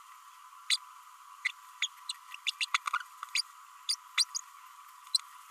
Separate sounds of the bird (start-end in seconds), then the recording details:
0.70-0.77, 1.44-1.49, 1.82-1.88, 2.09-2.12, 2.46-2.51, 2.60-2.65, 2.74-2.77, 3.35-3.42, 3.89-3.95, 4.17-4.24. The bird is a male. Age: 33 days. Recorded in a nest box in Venezuela. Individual 17B32A6